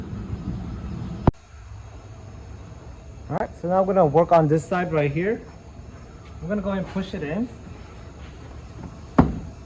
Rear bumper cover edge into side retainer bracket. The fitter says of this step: and you should hear it click a little bit